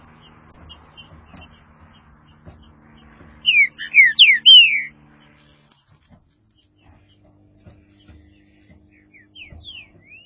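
Green-winged saltator song: a burst of loud, rich slurred whistles, with a softer whistled phrase at the end.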